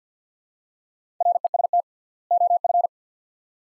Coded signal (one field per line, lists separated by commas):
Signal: Morse code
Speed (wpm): 50 wpm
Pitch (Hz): 700 Hz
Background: none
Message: REST OF